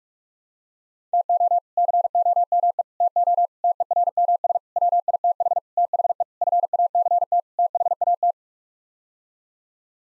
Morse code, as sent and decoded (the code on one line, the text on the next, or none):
- --- / -.-. --- -- . / - --- / - . .-. -- ... / .-- .. - .... / - .... . / ..-. .- -.-. - / - .... .- -
TO COME TO TERMS WITH THE FACT THAT